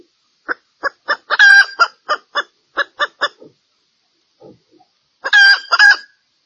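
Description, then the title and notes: Junglefowl call: spaced clucks with a longer ringing phrase among them, then a gap and another ringing phrase. Female junglefowl call used as a lure to attract males; said to draw dozens of males within two minutes. "Panggilan Ayam Hutan Betina. Cukup dua menit dengan suara ayam hutan betina bikin point puluhan pejantan. Pemikat Ayam Hutan"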